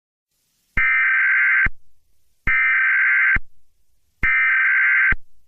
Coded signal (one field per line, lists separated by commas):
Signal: Emergency Alert System (SAME) tones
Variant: header bursts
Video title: Eas scenario: dad went out for milk (warning ⚠️ swearing)